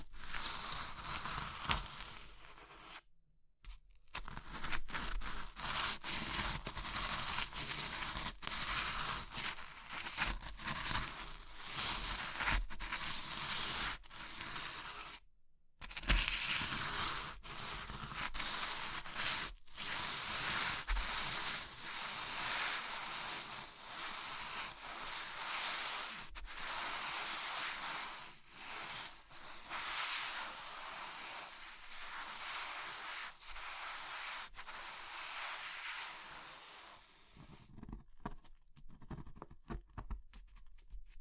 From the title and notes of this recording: ASMR Oddly Satisfying Crushing Triggers Soap, Chalk, Meringue, Pastel (No Talking).